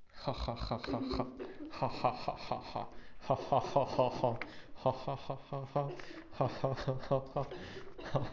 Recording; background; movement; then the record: laughter; a bystander coughing; sitting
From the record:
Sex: male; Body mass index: 23.7 kg/m2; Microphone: on the chest, facing outward